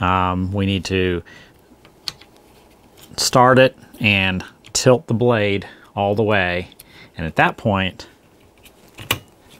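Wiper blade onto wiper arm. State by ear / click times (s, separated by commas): seated / 9.1 s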